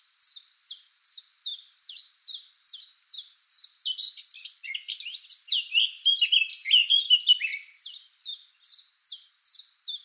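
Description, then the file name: Eurasian blackcap song with rapid repeated ticking notes before and after a rich, tumbling warble. "Sylvia atricapilla"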